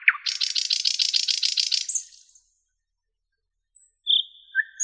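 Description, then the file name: Nightingale song, a dry buzzy rattle of rapid pulses lasting about two seconds, then silence before two short pure whistled notes. "solovey"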